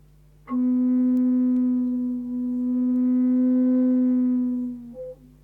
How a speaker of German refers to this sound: Du hast auch eine Pfeife mit, eine Orgelpfeife. Ja, genau. Das ist ein besonders schöner Ton, ein H. Aha. Ich kann den ja einfach mal probeweise hier erklingen lassen.